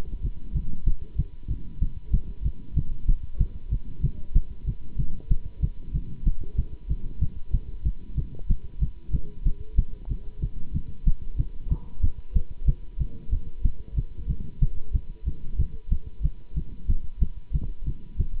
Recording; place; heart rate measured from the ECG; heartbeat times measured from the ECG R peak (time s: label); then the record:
heart sounds by stethoscope; between the tricuspid and mitral areas; 187 bpm
0.22 s: heartbeat
0.54 s: heartbeat
0.85 s: heartbeat
1.17 s: heartbeat
1.48 s: heartbeat
1.80 s: heartbeat
2.12 s: heartbeat
2.44 s: heartbeat
2.75 s: heartbeat
3.07 s: heartbeat
3.39 s: heartbeat
3.70 s: heartbeat
4.02 s: heartbeat
4.34 s: heartbeat
4.66 s: heartbeat
4.97 s: heartbeat
5.29 s: heartbeat
5.61 s: heartbeat
5.93 s: heartbeat
6.25 s: heartbeat
6.57 s: heartbeat
6.88 s: heartbeat
7.20 s: heartbeat
7.52 s: heartbeat
7.84 s: heartbeat
8.16 s: heartbeat
8.48 s: heartbeat
8.80 s: heartbeat
9.12 s: heartbeat
9.44 s: heartbeat
9.77 s: heartbeat
10.09 s: heartbeat
10.41 s: heartbeat
10.73 s: heartbeat
11.05 s: heartbeat
11.37 s: heartbeat
11.70 s: heartbeat
12.02 s: heartbeat
12.34 s: heartbeat
12.66 s: heartbeat
12.99 s: heartbeat
13.31 s: heartbeat
13.63 s: heartbeat
13.95 s: heartbeat
14.28 s: heartbeat
14.60 s: heartbeat
14.93 s: heartbeat
15.25 s: heartbeat
15.58 s: heartbeat
15.90 s: heartbeat
16.22 s: heartbeat
16.55 s: heartbeat
16.88 s: heartbeat
17.20 s: heartbeat
17.53 s: heartbeat
17.85 s: heartbeat
18.18 s: heartbeat
From the record:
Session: Bruce protocol treadmill stress test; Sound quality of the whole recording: good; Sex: male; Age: 24 years